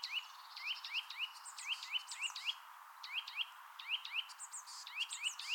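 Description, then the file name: Eurasian nuthatch calling: quick rising whistled notes in bursts of two or three, repeated rapidly, with fainter high chirps in the background. "Sitta europaea"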